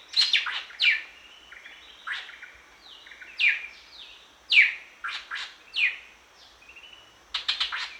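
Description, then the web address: Greater racket-tailed drongo: sharp descending metallic notes alternating with thin, level whistled tones, irregular spacing, ending in a quick burst of chips. Recorded at Danum on 1 January 2008. "DANUM 20080101. greater racket-tailed drongo"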